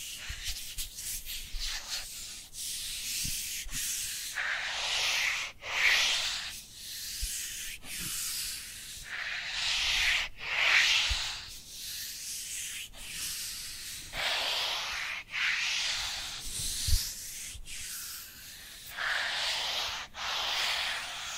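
Dry hands rub together in a steady back-and-forth rhythm, each stroke a bright, papery hiss lasting about a second. Brief gaps mark the change of direction, roughly every second or so throughout. A faint low rumble sits underneath.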